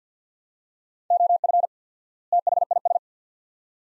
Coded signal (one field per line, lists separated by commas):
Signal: Morse code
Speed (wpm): 50 wpm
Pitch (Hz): 700 Hz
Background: none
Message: OF THIS